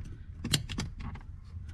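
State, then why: Seated. A replacement switch component is pushed into its mounting in a BMW during a no-start repair. A sharp click at 0.5 s marks it popping into place, followed by a couple of softer knocks around 0.7 and 0.8 s, and the switch ends up firmly seated.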